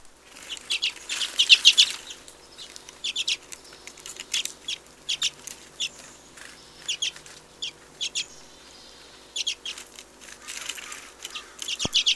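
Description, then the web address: White-rumped red-crested finch uttering rapid, sharp high chips, in short runs and scattered singles throughout, with a faint hissing background and one sudden click near the end. "white rumped red crested finch bird call"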